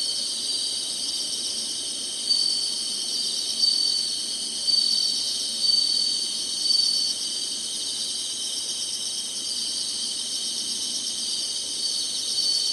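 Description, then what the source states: Insects singing in a dense, continuous high-pitched chorus, with brief louder pulses recurring roughly every second in the first half. Summer.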